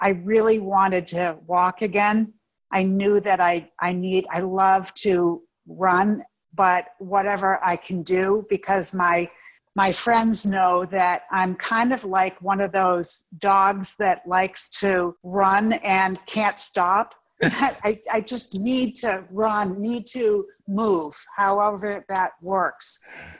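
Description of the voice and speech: An adult woman speaks with effortful speech, word repeats, restarts, stretched sounds and halting pauses, fitting aphasia with apraxia of speech after a stroke from a ruptured brain AVM at age 53. Her mouth does not know how to form words, so her delivery sounds different while her intellect is intact.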